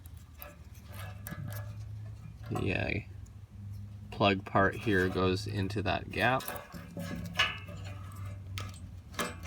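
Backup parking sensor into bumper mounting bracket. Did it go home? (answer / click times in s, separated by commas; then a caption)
yes / 8.6 s. A replacement plastic backup parking sensor is slid into its gap in the bumper mounting bracket and pushed flush until its top tabs lock into place. Someone talks over a steady low hum with scattered small ticks. A sharp snap at 8.6 s marks the sensor seating in the bumper mount.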